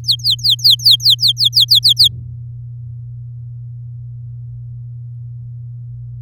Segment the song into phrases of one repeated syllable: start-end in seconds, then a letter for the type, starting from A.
0.04-2.08 A